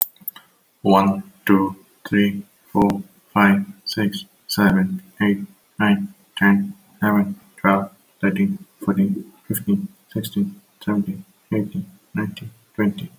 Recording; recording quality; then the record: counting at a normal pace; excellent, no background noise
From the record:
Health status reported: exposed to COVID-19, no respiratory illness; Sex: male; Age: 42 years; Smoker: no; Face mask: not worn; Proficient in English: yes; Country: India